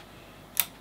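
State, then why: Torque reached. The included torque screwdriver, held by its plastic handle, tightens the second CPU socket retention screw on an MSI TRX40 PRO WIFI motherboard for a 3rd Gen Threadripper. After a quiet stretch, a single sharp, bright click sounds at 0.6 s, then fades fast. The screwdriver has reached its torque setting and clicked.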